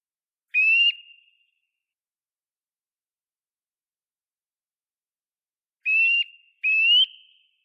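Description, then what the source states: Eurasian nuthatch singing clear rising whistles, one note, then a long silent pause, then two more notes in quick succession. Loud song of rising and falling whistles, heard mostly on sunny days from January to May where old deciduous trees stand.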